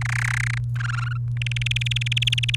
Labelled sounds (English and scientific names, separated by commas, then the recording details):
Domestic Canary (Serinus canaria) song
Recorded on 29 April 2018 at 13:45
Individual llb3